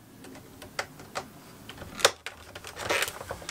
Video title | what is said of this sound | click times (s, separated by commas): Norcold RV Refrigerator Door Replacement [Full Time RV Living] | can feel when it snaps and it goes in the right the right track there press it in place all along the | 0.8 s, 2.1 s, 2.3 s